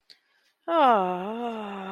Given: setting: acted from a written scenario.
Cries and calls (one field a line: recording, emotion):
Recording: vocal sound without words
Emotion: ecstasy